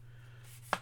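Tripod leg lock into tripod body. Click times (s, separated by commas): 0.7 s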